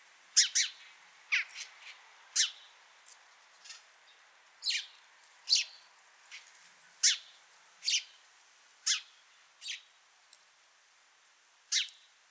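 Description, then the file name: House sparrow chirping, a series of loud sharp notes, some doubled, at uneven intervals. "Passer domesticus"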